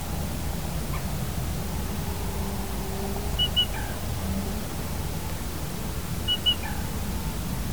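Black rail with two ki-ki-doo calls about three seconds apart, each a pair of high clipped notes and a lower ending, against low background rumble.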